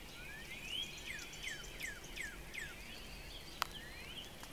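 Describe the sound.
Northern Cardinal song: a rising whistled slur, then a quick series of clear, downslurred whistles, with faint higher bird notes behind.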